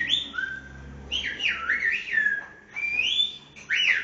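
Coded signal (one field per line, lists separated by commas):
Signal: whistled language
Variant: Silbo Gomero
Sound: a loud gliding whistle rising and falling in pitch, in phrase-like bursts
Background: low room hum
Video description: In this restaurant situated in Agulo, you can se a demonstartion of the Old Whistling Language of La Gomera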